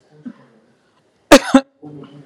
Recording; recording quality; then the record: heavy voluntary cough; excellent, no background noise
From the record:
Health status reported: COVID-19 positive, no symptoms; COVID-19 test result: positive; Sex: male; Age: 30 years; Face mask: not worn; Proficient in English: yes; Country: India